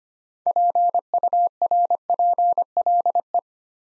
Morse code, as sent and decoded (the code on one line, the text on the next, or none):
.--. ..- .-. .--. .-.. .
PURPLE